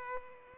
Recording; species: mosquito wingbeat signal from an infrared sensor; Culex pipiens